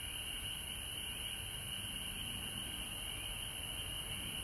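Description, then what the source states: Frog chorus, a continuous high trilling drone that holds steady throughout, with a fainter, even higher steady hiss above it. Recorded at home in Georgia on March 19, 2020.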